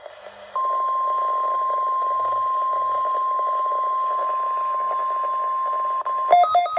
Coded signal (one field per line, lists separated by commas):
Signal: Emergency Alert System (SAME) tones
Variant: 1050 Hz attention tone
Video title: EAS 34: RWT from NWS